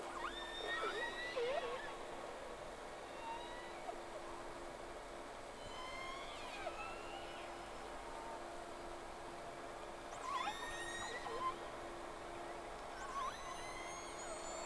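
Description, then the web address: Whale calls: bursts of sweeping whistles and downward chirps in clusters, separated by quieter stretches, with a continuous low hum beneath. Two whales, 3 October 2006 at 11:30, round 1. "Sea Snake 10-3-06 Whales X 2 11-30"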